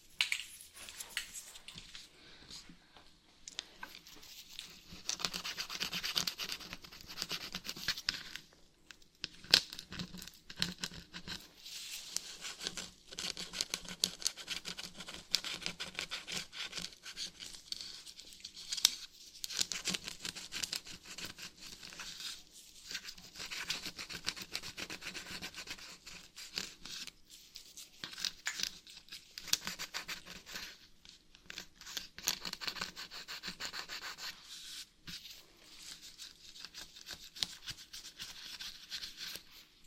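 Scratching goes on throughout, dense, bright and rasping in irregular bursts with short pauses, over a faint low hum.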